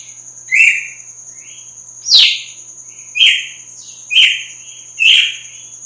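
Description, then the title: Red-cowled cardinal song of sharp chirps sliding into buzzy notes, about one per second after a longer gap following the first, over a constant high-pitched hum. Female singing strongly at dawn after the moult. "Canto Galo Campina Fêmea 02. GALO DE CAMPINA AÇOITA FORTE NA MADRUGADA DEPOIS DA MUDA"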